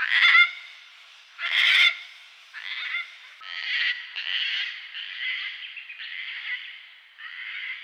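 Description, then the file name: Gang-gang cockatoo giving harsh, creaky, grating calls, two loud ones followed by a run of softer scratchy calls. "gangang cockatoo"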